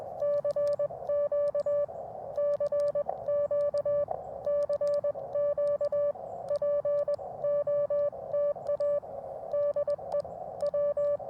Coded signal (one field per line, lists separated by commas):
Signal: Morse code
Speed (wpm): 20 wpm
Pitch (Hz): 580 Hz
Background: music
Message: CQ CQ CQ POTA DE W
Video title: Black Friday CW POTA at W. Goodrich State Park KX2 & AX1